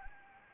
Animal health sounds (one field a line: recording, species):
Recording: mosquito wingbeat signal from an infrared sensor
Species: Anopheles gambiae